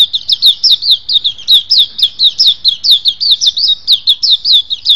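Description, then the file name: White-eye song, a steady quick run of high, twisting chirped notes, several each second, without a pause. "suara pleci"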